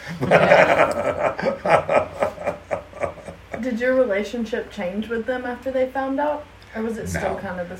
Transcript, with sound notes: But- (laughs)
Did your relationship change with them after they found out?
No.
Or was it still kind of the same?